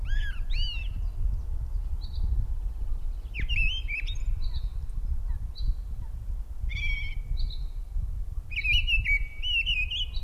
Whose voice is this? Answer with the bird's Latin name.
Turdus viscivorus